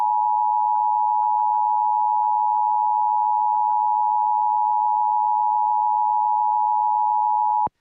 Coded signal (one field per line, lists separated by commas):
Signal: Emergency Alert System (SAME) tones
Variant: 853 and 960 Hz attention tone